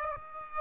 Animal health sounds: mosquito wingbeat signal from an infrared sensor; Aedes aegypti

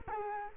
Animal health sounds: mosquito wingbeat signal from an infrared sensor; Culex quinquefasciatus

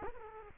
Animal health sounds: mosquito wingbeat signal from an infrared sensor; Culex quinquefasciatus

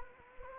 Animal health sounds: mosquito wingbeat signal from an infrared sensor; Anopheles gambiae

